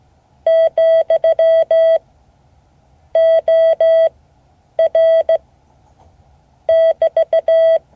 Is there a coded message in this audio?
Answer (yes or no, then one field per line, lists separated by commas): yes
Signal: Morse code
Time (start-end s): 0.5-7.8 s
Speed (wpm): 16 wpm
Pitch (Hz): 650 Hz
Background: none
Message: ,OR <BT>